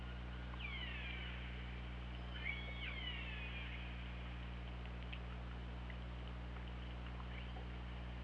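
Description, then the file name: Killer whale calls, two clear downward-sweeping cries with strong harmonics early on, followed by scattered clicks and faint calls above a continuous low hum. OrcaLab, 24 August 2017, 21:06. "Orca Lab 20170824 210617"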